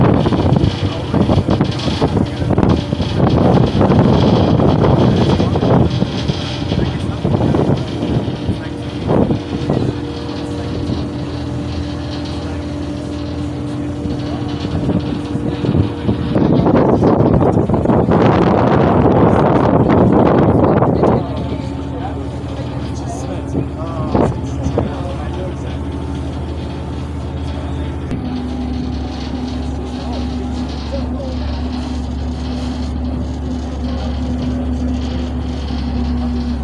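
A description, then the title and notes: Ferry crossing with a steady low engine drone and hum, bursts of voices around 2–9 and 16–21 seconds, then quieter steady rumble. Ferry from Amsterdam North to Central Station.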